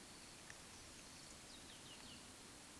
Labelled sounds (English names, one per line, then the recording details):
Eurasian Woodcock whistle
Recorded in Baden-Württemberg, Germany, on 16 June 2020 at 20:09 UTC
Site 46874, 985 m above sea level